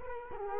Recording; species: mosquito wingbeat signal from an infrared sensor; Culex quinquefasciatus